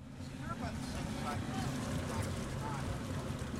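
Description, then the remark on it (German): A flat excursion boat moves quietly upriver toward Kings Bay, a river basin where manatees gather, its low, even engine hum blending with continuous rushing water and wind noise, with faint murmuring voices in the background. “Leise pflügt das flache Ausflugsboot durchs Wasser.”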